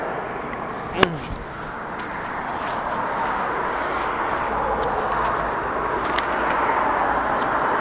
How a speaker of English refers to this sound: The car.